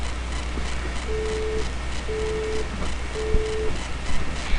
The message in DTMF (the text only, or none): none